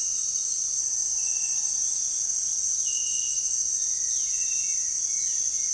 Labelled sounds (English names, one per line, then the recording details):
none
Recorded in pastures near Puerto Asís, Putumayo, Colombia, on 23 June 2025 at 18:00
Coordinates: 0.466, -76.322
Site GP07